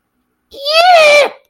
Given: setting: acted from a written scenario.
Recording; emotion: vocal sound without words; anger